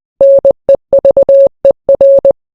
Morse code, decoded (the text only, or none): NEVER